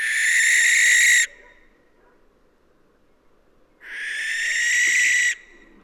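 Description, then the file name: Barn owl uttering two drawn-out, raspy shrieks, each over a second long, separated by a silent pause of about two and a half seconds. "Schleiereule - Tyto alba"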